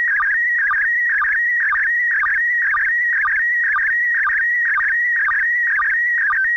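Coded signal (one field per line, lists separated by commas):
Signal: SSTV (slow-scan television)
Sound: warbling tone near 1.9 kHz with rhythmic chirps dropping low about twice a second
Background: radio static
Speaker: I've left the entire transmission in this video with no audio edited or spoken over so if you want to you can replay that transmission and decode it yourself using an application like mm SS T V yourself now this is the picture this is the first picture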